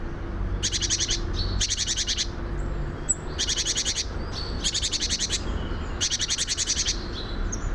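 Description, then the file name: Great tit chatter: five rasping bursts of quick stuttered notes at uneven intervals, over a steady low hum with a few faint high whistles. "Parus major"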